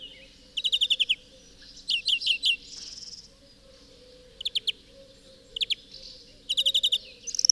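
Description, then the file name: European greenfinch calling in short rattling bursts of two to six ticking notes, with a soft buzzy trill between bursts. "Chloris chloris"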